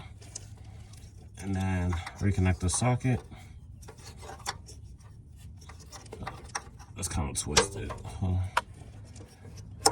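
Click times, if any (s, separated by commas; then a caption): 9.9 s. Someone talks while pushing a Nissan heated oxygen sensor's electrical connector into its mating plug on the vehicle wiring harness, with a few faint handling taps along the way. A sharp click at 9.9 s marks the connector locking in place, and it is seated.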